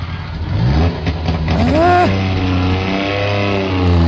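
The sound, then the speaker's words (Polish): A small Syrena car engine cranks briefly and catches on the first attempt after a holiday, despite a supposedly flat battery, then revs up and settles into a steady, buzzy idle with a low harmonic drone. “Ładnie, za pierwszym draśnięciem, a niby po urlopie tak tam, że oj, że niby akumulator się rozładował czy coś.”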